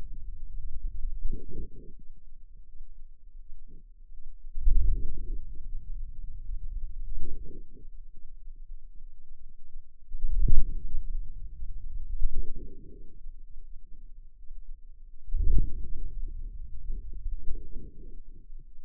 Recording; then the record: forearm muscle sounds (acoustic myography)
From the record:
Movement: wrist extension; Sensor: system 2, bracelet of six BSWA MPA416 microphones around the upper forearm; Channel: 5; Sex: female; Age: 23 years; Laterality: right